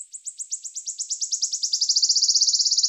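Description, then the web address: Wood warbler singing: very high, thin ticking notes that speed up steadily into a fast, shivering trill. "Phylloscopus sibilatrix"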